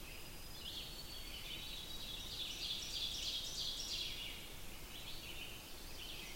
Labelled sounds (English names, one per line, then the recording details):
Ovenbird song
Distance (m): 85 m
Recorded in boreal forest in Alberta, Canada, on 20 June 2016 at 05:57
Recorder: SongMeter 3, array SBT-6-81
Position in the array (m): 154 m, 261 m
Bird 25